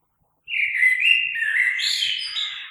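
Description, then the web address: Common blackbird delivering one continuous warbling phrase of low fluty notes that climbs into a higher, squeakier ending. Recorded 3 March 2020. "oiseaux Merle 2020 03 03"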